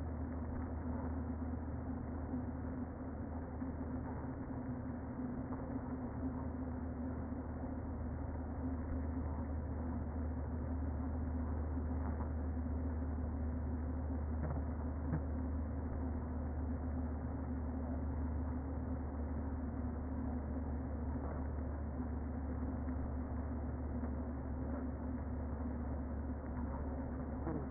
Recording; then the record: honeybee colony, microphone inside the hive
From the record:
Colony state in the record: queen present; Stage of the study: before two queens were removed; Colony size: about 60,000 bees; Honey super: yes